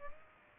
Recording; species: mosquito wingbeat signal from an infrared sensor; Aedes aegypti